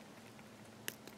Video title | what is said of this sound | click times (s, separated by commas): Making a Christmas necklace from old jewelry | there now i heard it click so that way you know it's secure now | 0.9 s